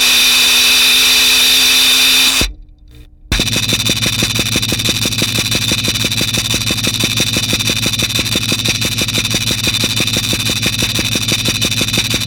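Film tins full of nails, tacks and ball bearings rattle in a fast, steady stream after a brief steady hiss and a short silence.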